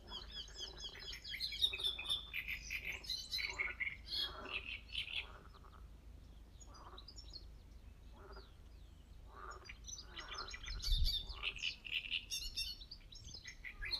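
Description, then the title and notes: Great reed warbler's harsh, chattering song of grating syllables in bursts. Spring, among reeds at a very old pond. "Sounds of the earth presents : 1 hour of " Reed birds and frogs spring sounds at the very old pond""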